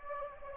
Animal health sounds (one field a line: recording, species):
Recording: mosquito wingbeat signal from an infrared sensor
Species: Anopheles arabiensis